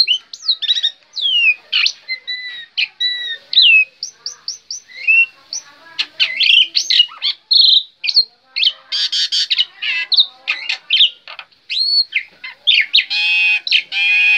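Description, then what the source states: Black-winged myna song: a long varied sequence of slurred whistles, short piping notes and harsh buzzy chatter. Indonesian name jalak putih; bird described as gacor, singing constantly.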